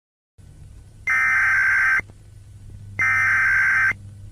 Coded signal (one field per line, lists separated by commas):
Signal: Emergency Alert System (SAME) tones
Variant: header bursts